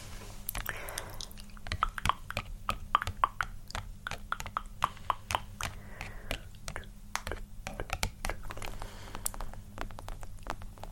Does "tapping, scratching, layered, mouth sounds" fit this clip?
yes